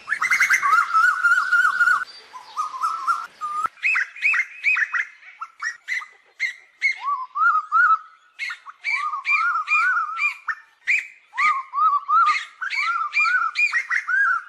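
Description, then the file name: Asian koel calling with loud, harmonic whistled notes: a trilled phrase, then many short arched notes repeated rapidly. Calling the flock. "Tieng chim tu hu goi bay"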